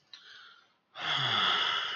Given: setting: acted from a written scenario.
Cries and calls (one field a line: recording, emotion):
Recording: vocal sound without words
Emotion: serenity